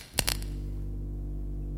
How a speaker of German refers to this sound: Ich lege diesen Hebel an der Tür um.